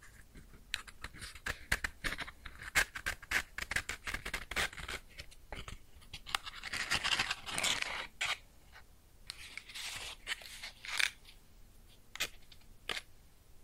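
Close-up crackling of a small match flame, with sharp pops and snaps coming thick and irregular through the first half. Bright hissing sizzles swell between about 6 and 8 seconds and again near 10 to 11, while scattered clicks continue to the end.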